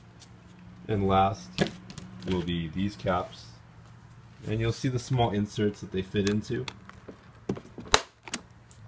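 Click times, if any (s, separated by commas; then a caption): 7.9 s. Someone talks while a plastic axle cap is pushed onto the rear axle end of a Shelby Cobra 6v ride-on toy car, fitting over the small insert. After a few faint ticks, a sharp snap at 7.9 s marks the cap seating onto the insert, followed by a couple of softer clicks.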